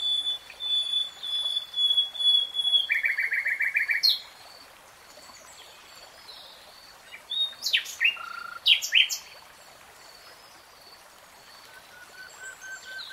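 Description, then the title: Nightingale song: varied phrases of high whistles, a fast buzzy rattle and sharp chirps, then a quiet pause before scattered clicks and a soft low whistle. Real-time recording. "[Tiếng chim hót] Nightingale Singing"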